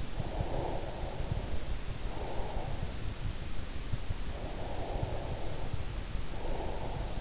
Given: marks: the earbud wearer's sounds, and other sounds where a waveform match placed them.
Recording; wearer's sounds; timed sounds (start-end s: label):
sounds in sleep by an in-ear microphone; breath
0.20-2.87 s: breath
4.24-7.21 s: breath